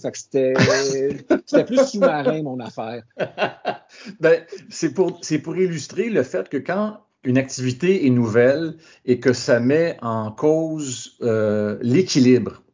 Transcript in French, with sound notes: C'était plus sous-marin mon affaire! [Rires]
C'est pour illustrer le fait que quand une activité est nouvelle et que ça met en cause l'équilibre,